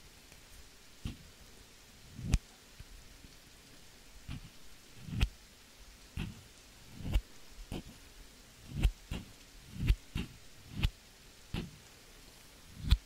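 Scissors snip in a loose, uneven rhythm, about one sharp crisp cut per second, some landing in quick pairs. Each cut has a brief low thump under a bright click. Between them sits a faint, steady low murmur.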